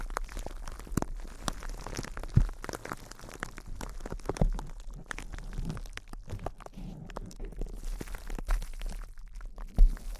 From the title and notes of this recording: ASMR Intense Close-Up Crinkles (No Talking).